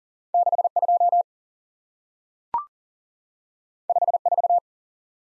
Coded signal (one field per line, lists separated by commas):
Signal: Morse code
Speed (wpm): 40 wpm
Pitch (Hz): 700 Hz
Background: none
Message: 6 2 5 4